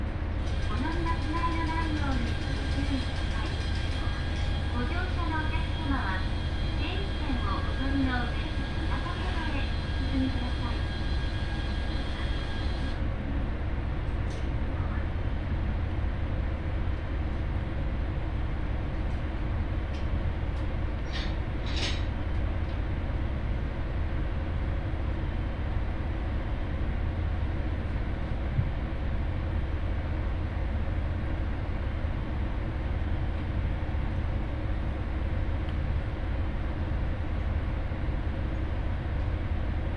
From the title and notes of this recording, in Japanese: 耳で楽しむ鉄道旅 井原鉄道 早雲の里荏原→総社。